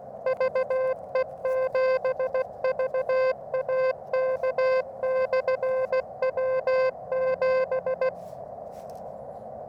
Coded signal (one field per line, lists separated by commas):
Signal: Morse code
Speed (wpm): 16 wpm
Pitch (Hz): 520 Hz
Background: music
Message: VE7VAK/W7